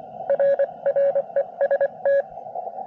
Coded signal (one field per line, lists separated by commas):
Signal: Morse code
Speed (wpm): 22 wpm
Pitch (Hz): 560 Hz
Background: radio noise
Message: RREST